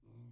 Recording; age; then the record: pig call; weaner (32 to 43 days)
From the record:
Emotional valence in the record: negative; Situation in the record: restrain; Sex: male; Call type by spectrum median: low-frequency call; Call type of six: low-frequency stable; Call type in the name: low-frequency stable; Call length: 0.32 s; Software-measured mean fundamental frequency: 69 Hz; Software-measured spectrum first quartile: 116 Hz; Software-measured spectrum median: 165 Hz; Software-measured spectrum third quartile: 415 Hz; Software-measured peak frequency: 119 Hz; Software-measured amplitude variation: 83 dB a second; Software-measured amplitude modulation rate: 13.9 a second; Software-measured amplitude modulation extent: 6.0 dB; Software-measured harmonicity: 6.9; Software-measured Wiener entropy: 0.98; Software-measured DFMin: 949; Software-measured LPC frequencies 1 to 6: 191, 934, 2270, 4682, 5587, 7369 Hz